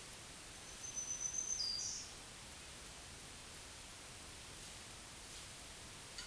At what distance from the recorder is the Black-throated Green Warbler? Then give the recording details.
about 10 m. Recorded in a Pennsylvania forest on 1 June 2023 at 08:50. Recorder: AudioMoth, point grid3_31_low. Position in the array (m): 133 m, 108 m